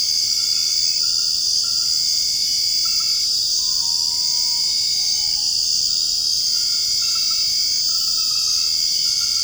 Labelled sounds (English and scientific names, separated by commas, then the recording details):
none
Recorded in secondary vegetation near Puerto Asís, Putumayo, Colombia, on 8 March 2025 at 23:30
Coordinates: 0.502, -76.326
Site G100